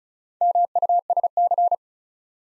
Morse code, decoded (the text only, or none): MUSC